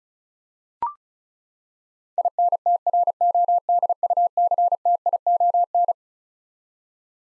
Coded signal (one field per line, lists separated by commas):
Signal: Morse code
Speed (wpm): 36 wpm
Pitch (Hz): 700 Hz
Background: none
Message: INTRODUCTION